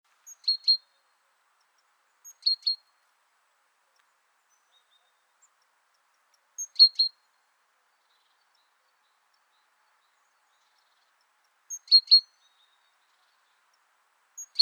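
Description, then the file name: Great tit calls: clusters of a faint high note and two or three sharp chirps, repeated irregularly every two to five seconds in otherwise quiet surroundings. "Parus major"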